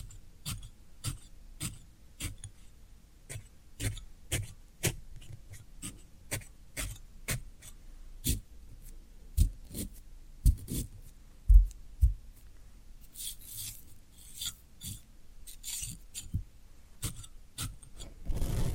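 Floral foam being scraped and rubbed in a steady series of short, crisp rasping strokes, roughly two per second, each with a soft low thud beneath. Around thirteen seconds the strokes blur into a denser, hissier crumbling before separate strokes return.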